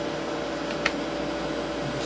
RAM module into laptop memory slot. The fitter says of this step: diagonally it snaps